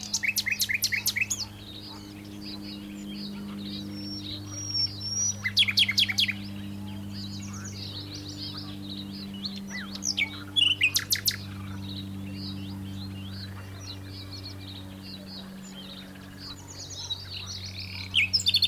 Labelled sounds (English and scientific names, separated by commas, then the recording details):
Common Nightingale (Luscinia megarhynchos)
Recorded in the wild
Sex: male
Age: adult
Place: Karower Teiche, Naturpark Barnim, Berlin, DE
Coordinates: 52.622, 13.46
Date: 1992-05-16 10:53
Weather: sonnig, ca. 20-22°C
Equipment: Nagra SN, Mikrofon AKG CK 8, Kopie Tesla B 116
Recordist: Tembrock, Günter
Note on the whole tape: Karower Fischteiche; Gesang